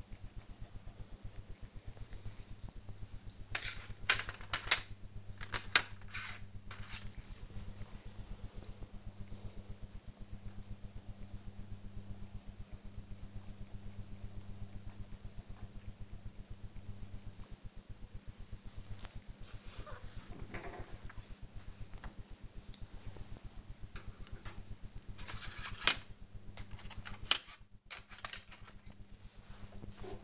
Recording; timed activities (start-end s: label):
household activities, microphone on the right wrist
0.00-30.24 s: drawing